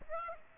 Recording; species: mosquito wingbeat signal from an infrared sensor; Aedes aegypti